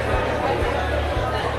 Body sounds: background sound without coughing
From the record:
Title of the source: CITY SOUNDS Busy Bar in the Evening Night - 2 HOURS of Ambiance for Relaxation

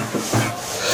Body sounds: coughing mixed with background sound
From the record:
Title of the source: Cough Around the Clock!

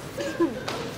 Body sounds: coughing mixed with background sound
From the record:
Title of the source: 61 morning phlegmy cough...again

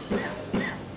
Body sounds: coughing mixed with background sound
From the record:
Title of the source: Spring Cold Coughing 3

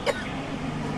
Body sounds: coughing mixed with background sound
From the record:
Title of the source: choking, hacking coughing

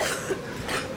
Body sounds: coughing mixed with background sound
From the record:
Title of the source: 34 coughing up crap again

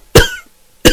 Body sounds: coughing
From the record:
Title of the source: Coughing 51

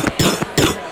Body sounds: coughing mixed with background sound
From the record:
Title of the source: Wet coughing

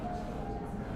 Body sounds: background sound without coughing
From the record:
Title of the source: 60 minutes of coffee shop sounds for study and concentration

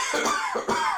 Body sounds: coughing mixed with background sound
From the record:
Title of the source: Spring Cold Coughing 2

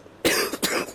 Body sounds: coughing mixed with background sound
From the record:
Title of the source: 31 night wet cough

